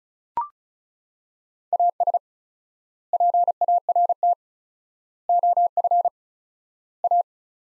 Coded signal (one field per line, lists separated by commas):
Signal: Morse code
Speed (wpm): 36 wpm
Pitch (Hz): 700 Hz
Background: none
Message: AS PART OF A